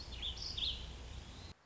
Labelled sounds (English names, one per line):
Warbling Vireo